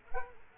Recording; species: mosquito wingbeat signal from an infrared sensor; Culex quinquefasciatus